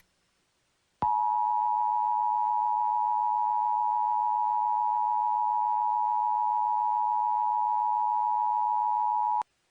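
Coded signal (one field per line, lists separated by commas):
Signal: Emergency Alert System (SAME) tones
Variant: 853 and 960 Hz attention tone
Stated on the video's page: Fictional alert scenario; tones may or may not be valid.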